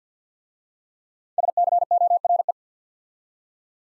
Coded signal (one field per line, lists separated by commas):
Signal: Morse code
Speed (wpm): 48 wpm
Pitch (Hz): 700 Hz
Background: none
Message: SCORE